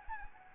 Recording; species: mosquito wingbeat signal from an infrared sensor; Anopheles arabiensis